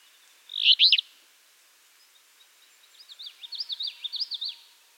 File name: Empidonax alnorum - Alder Flycatcher